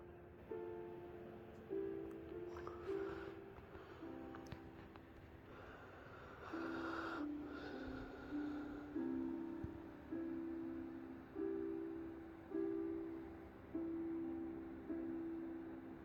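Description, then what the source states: Weimaraner snoring, soft droning nasal tones repeating roughly every second with each breath, punctuated by a brief rustle midway. Two dogs asleep after much running and playing.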